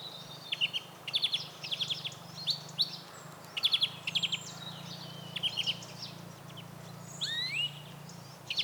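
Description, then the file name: European greenfinch calling in short fast twittering trills, with a rising whistled note near the end and a low steady hum. "Chloris chloris"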